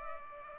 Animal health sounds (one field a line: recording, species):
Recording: mosquito wingbeat signal from an infrared sensor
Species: Culex pipiens